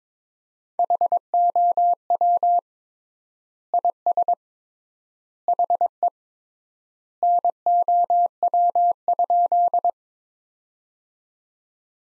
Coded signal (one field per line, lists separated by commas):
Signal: Morse code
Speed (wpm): 21 wpm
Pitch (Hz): 700 Hz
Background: none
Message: HOW IS HE NOW?